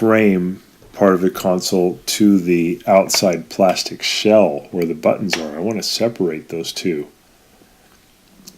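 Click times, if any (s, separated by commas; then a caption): 8.5 s. Someone talks for about seven seconds while working on a Bosch dishwasher's control console, pressing in the plastic retaining tabs to separate the metal frame from the plastic shell that holds the buttons, as part of fixing a dishwasher whose cycle keeps going. After a quiet stretch, a sharp tab click is heard at 8.5 seconds as the console housing tabs release.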